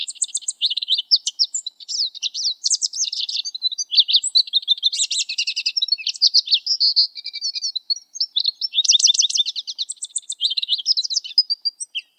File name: suara lesser goldfinch omkicau